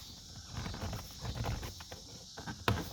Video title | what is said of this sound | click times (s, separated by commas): Tesla Plaid Steering Column Control Stalk Add | line it up with those pins, it should just snap together. | 2.7 s